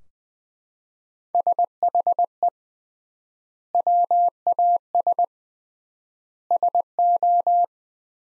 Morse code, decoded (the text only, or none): SHE WAS SO